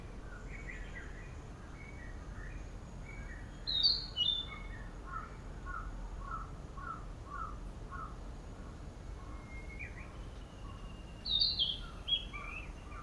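Bird song: a steady run of short, soft notes repeated quickly, with sharp, bright high phrases bursting out near four and eleven and a half seconds over a low background hiss.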